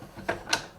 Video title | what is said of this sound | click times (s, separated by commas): HARRIS & SONS SPRING SPECTACULAR AUCTION WALKTHROUGH | and then you just lock it into the various gear teeth. | 0.5 s